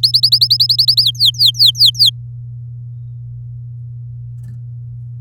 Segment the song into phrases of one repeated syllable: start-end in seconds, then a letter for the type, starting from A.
0.03-1.02 A, 1.03-2.10 B